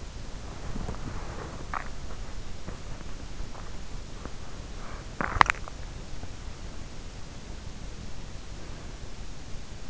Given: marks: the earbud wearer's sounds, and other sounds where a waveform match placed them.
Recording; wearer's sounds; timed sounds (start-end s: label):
sounds in sleep by an in-ear microphone; body movement, swallowing
0.00-6.96 s: body movement
1.61-1.96 s: swallowing
5.04-5.85 s: swallowing